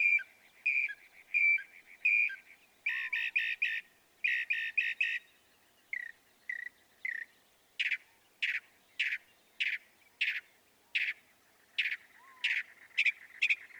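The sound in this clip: Northern mockingbird song: clear whistled notes repeated, then buzzy triple chirps, followed by a long series of sharp notes at a steady pace; a soft slurred call sounds behind.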